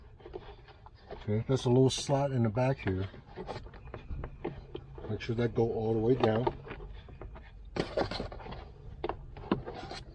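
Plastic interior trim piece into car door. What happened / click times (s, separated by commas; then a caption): A plastic trim piece is handled and fitted but not yet snapped home / none. A plastic interior trim piece is being refitted into a car door, top part first, fitted into a small slot at the back and pressed all the way down. Someone talks while short scraping and tapping handling sounds come through, with a few sharper knocks near the end. Nothing has seated or clicked into place yet.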